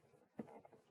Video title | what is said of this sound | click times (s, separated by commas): STEP 1: Prepare child seat for Rear‑Facing installation for seats manufactured after 10/19/2013 | and it'll lock into place. | 0.4 s